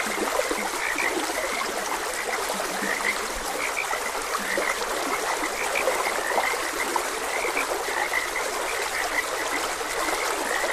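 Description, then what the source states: Many frogs croaking at once, with brief chirps and occasional deep low croaks early on, against the constant sound of running water. Frogs croaking beside a gentle stream.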